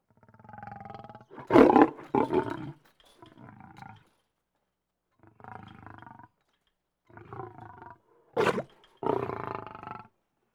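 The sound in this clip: Lion growls in several rough bursts: a long rasping growl with sharp loud snarls, quieter rumbles between pauses, then two more harsh blasts near the end.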